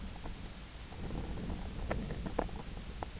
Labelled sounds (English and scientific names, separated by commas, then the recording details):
none
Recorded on Arctic tundra, site IGLO-F, on 24 June 2018
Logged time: 20:00